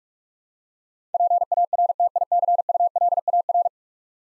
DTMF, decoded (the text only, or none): none